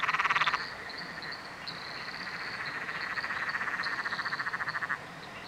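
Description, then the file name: Frogs chorusing: a loud burst of rapid pulses at the start, then a long rattling trill building and ending abruptly, high chirps throughout. Frog chorus recorded at night under a bridge in Royal National Park. "nocturnal frog chorus under a bridge royal national park"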